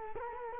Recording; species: mosquito wingbeat signal from an infrared sensor; Culex quinquefasciatus